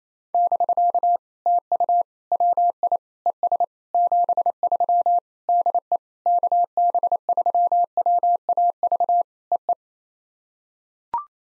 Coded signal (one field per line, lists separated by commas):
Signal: Morse code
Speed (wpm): 28 wpm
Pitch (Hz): 700 Hz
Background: none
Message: <BK> TU WI ES 73 DE KB3WAV EE